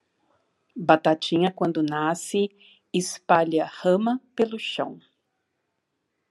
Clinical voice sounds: short text; Brazilian Portuguese; female; 50 to 59 years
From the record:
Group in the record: control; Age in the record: 59 years

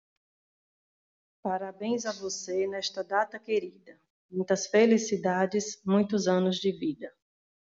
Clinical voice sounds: short text; Brazilian Portuguese; female; 40 to 49 years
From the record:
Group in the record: control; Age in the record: 42 years

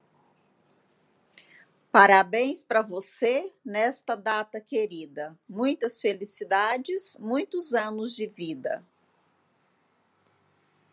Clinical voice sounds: short text; Brazilian Portuguese; female; 50 to 59 years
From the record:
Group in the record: control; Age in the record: 52 years

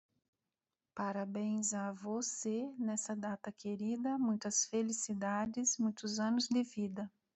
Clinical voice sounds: short text; Brazilian Portuguese; female; 40 to 49 years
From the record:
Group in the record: control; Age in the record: 44 years

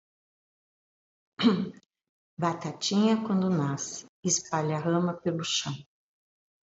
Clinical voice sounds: short text; Brazilian Portuguese; female; 60 to 69 years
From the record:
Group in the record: control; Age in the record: 69 years

